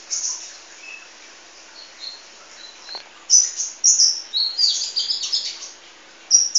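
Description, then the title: Sunbird chirping: scattered high squeaky notes at first, then a busier run of rapid, thin twittering chirps in the second half, over faint low hiss. "kicau kolibri"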